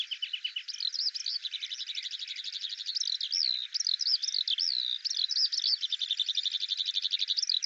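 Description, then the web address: Eurasian skylark song with long fine rattling trills broken by bursts of sharp slurred chirps, all delivered without a break. "Deverinetal 2025 File cleaned normalized Bird Al Ar"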